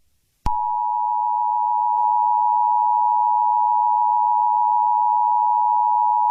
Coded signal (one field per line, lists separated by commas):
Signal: Emergency Alert System (SAME) tones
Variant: 853 and 960 Hz attention tone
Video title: EAS Scenario #3: Freedom's Rampage